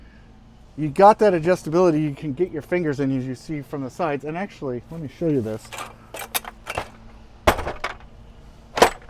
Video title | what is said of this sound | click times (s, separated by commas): Lincoln Navigator gets organized with some TMAT and PACKOUT MODs | right it locks into place but what I want to show you is the tats | 7.5 s